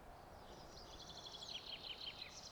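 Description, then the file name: Eurasian wren song, a fast run of high, sharp trills and twittering notes, thin but clear over a steady background hiss. "Troglodytes troglodytes"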